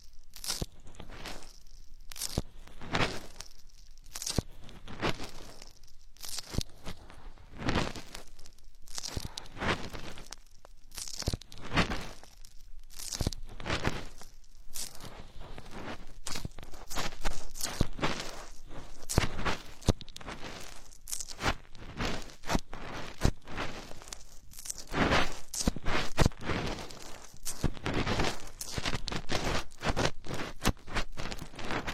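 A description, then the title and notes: Scratchy strokes of drawing on a board and paper come in short bursts, each a brief rasp with a crisp top. They start fairly spaced and grow denser and quicker after the midpoint, with faint rustling between strokes. Drawing planets on the blackboard, paper and pen drawing board.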